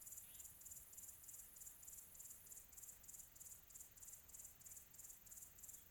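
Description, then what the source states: Cricket giving rapid high chirps at about three per second, steady and unbroken, with a faint brief note near the start. Quiet tropical atmosphere.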